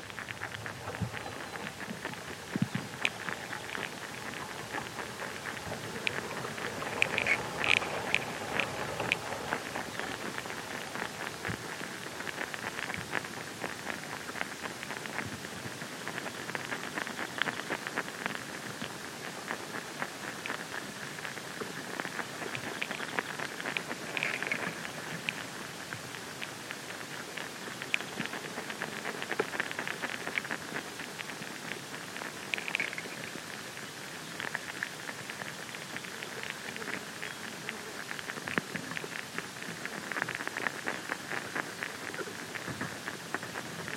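A summer field recording at Badbury Rings, Dorset, filled with a steady, dense patter like rain on leaves, thick with quick sharp ticks throughout. A brighter hiss sits above it, swelling a little around 25, 30 and 40 seconds, over a faint low rumble.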